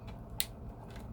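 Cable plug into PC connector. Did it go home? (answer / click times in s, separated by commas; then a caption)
yes / 0.4 s. A cable plug is pushed into its socket on a PC connector and seats with a single short, sharp click at 0.4 s. The click is bright and broadband over a low, steady background hum, and the plug is confirmed seated.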